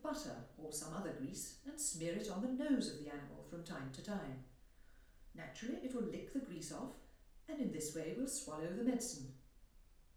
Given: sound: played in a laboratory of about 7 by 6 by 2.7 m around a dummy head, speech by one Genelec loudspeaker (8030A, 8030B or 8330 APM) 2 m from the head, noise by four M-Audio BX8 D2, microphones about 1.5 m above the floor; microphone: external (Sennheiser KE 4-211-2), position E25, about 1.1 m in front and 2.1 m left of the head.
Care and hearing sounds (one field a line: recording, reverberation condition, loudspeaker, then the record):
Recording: female speech in English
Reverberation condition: medium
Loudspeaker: 30 degrees to the right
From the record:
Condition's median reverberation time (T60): about 510 ms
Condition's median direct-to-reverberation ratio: about -0.5 dB